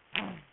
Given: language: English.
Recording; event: throat vibration sensor signal played as sound; throat clearing